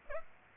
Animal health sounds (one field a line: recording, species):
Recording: mosquito wingbeat signal from an infrared sensor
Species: Aedes aegypti